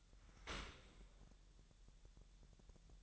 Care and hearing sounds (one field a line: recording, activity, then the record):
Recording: daily activity, microphone in the room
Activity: open dishwasher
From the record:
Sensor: 3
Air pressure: 1000.6 hPa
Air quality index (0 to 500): 248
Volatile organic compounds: 171 ppm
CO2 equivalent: 4109 ppm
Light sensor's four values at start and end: 11/25/10/10 and 11/25/10/10